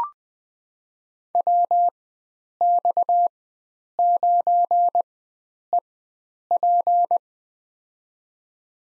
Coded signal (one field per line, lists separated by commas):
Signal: Morse code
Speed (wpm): 20 wpm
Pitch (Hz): 700 Hz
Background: none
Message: WX9EP